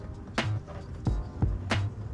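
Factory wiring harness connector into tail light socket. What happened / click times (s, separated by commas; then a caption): The connector is being handled but has not yet clicked home / none. A plastic factory wiring harness connector is pushed toward the socket of an aftermarket Blackline tail lamp for a BMW E90, with music playing in the background. Short handling knocks and scrapes are heard around 0.4, 1.1 and 1.7 seconds. The clip ends before the connector goes home, so nothing has seated or clicked yet.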